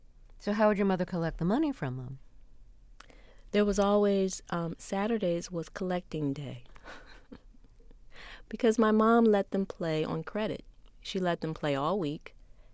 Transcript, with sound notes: So how would your mother collect the money from them?
There was always - Saturdays was collecting day (laughter) because my mom let them play on credit. She let them play all week.